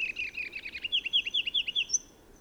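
Bird song: a rapid trill of sweeping chirped notes, slowing into separate clear chirps, then a lone high whistle, with faint background hiss.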